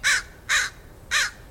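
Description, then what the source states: American Crow cawing: three harsh, short caws. Crows caw while ravens croak, one way to tell the two apart.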